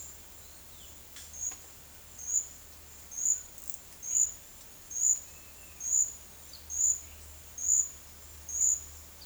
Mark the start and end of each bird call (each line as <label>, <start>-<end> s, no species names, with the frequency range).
bird call (2.5-4.8 kHz), 0.37-0.95 s
bird call (1.9-3.1 kHz), 5.18-5.92 s
bird call (3.5-5.4 kHz), 6.31-9.26 s